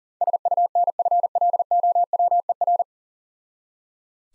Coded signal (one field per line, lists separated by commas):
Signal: Morse code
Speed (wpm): 38 wpm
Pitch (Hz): 700 Hz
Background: none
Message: SUNFLOWER